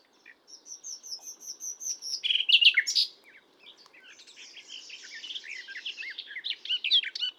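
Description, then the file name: Common nightingale song: a row of thin repeated whistles, a harsh loud burst, then long rambling chatter, against a faint low hum. "Luscinia megarhynchos"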